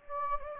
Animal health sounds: mosquito wingbeat signal from an infrared sensor; Anopheles gambiae

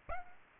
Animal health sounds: mosquito wingbeat signal from an infrared sensor; Aedes aegypti

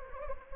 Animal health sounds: mosquito wingbeat signal from an infrared sensor; Anopheles gambiae

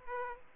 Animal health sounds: mosquito wingbeat signal from an infrared sensor; Aedes aegypti

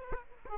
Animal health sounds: mosquito wingbeat signal from an infrared sensor; Aedes aegypti

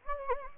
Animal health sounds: mosquito wingbeat signal from an infrared sensor; Anopheles gambiae

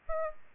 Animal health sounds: mosquito wingbeat signal from an infrared sensor; Aedes aegypti

